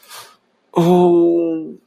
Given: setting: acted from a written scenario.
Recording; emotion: vocal sound without words; shame